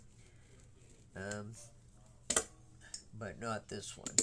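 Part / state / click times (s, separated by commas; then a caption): resin drills pressed into a diamond painting canvas / not seated / none. Someone talks while a roller is run over a not-yet-rolled section of a diamond painting canvas, pressing the raised resin drills down into the adhesive canvas, with a few brief sharp sounds around 2.3 and 2.9 seconds. Nothing has seated or clicked into place yet.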